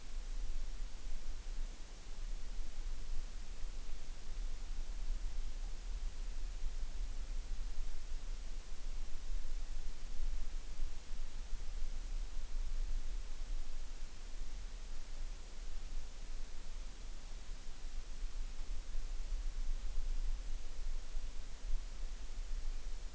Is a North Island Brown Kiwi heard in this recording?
no